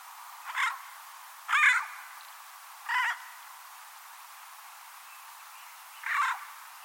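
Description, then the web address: Bird calling four times at irregular intervals with short, harsh, hoarse notes, the second loudest, over faint hiss. "Deverinetal 2025 File origin Bird Only"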